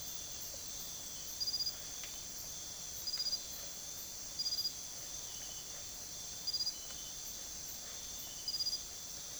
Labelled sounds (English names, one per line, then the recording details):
none
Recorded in secondary vegetation near Puerto Asís, Putumayo, Colombia, on 19 June 2025 at 05:30
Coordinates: 0.489, -76.322
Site G021